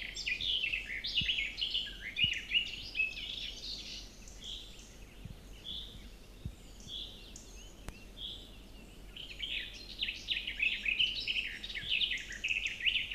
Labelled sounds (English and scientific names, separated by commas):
Garden Warbler (Sylvia borin) song